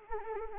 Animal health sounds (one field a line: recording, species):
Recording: mosquito wingbeat signal from an infrared sensor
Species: Anopheles arabiensis